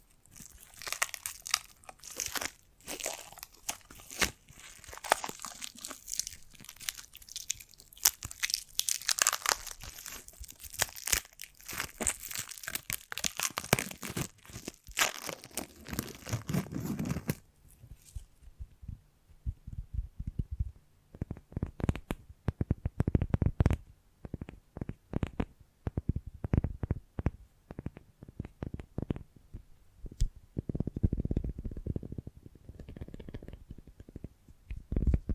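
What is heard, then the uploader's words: Foamy, sticky massage sounds: for the first seventeen seconds a dense, bright crackle of wet squishing and popping runs almost without pause. After that the texture thins into separate squelches and crunchy bursts, duller and lower, coming in irregular clusters until the end. ASMR The Foamiest and Stickiest Brain Massage (No Talking).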